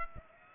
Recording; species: mosquito wingbeat signal from an infrared sensor; Aedes aegypti